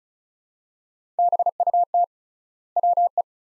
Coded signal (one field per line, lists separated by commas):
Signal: Morse code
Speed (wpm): 34 wpm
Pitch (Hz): 700 Hz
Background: none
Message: BUT WE